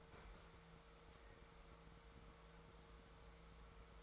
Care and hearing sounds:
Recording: daily activity, microphone in the room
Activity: open fridge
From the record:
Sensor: 3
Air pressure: 1014.8 hPa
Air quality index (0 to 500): 196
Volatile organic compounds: 26 ppm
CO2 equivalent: 2861 ppm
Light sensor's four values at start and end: 11/28/11/12 and 11/28/11/12

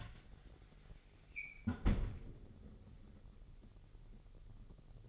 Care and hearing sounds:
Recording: daily activity, microphone in the room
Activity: close fridge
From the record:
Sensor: 4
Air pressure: 989.2 hPa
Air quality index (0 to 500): 223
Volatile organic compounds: 81 ppm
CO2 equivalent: 3614 ppm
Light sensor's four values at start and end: 26/90/33/35 and 26/92/34/36

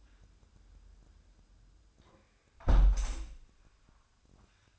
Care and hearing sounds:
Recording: daily activity, microphone in the room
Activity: close window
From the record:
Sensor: 2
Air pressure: 1004.5 hPa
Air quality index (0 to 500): 71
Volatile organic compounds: 1 ppm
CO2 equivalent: 840 ppm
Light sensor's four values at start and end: 6/14/6/6 and 6/14/5/5

